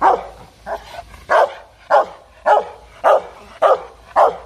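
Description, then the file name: Loud dog barks spaced about half a second apart, each a rough, abrupt burst, growing more forceful after the first two. Dog barking fiercely. "Tieng cho sua hung du"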